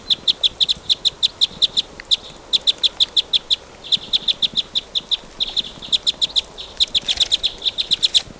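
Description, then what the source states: Red crossbill flight calls: short, sharp, evenly repeated high notes in rapid series, several per second, with brief pauses near two, four and five seconds. Type S red crossbill; flight calls.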